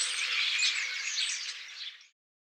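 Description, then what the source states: Common starlings chattering as a flock, a dense mass of high squeaks and whistles that quickly fades out. A flock giving calls and songs.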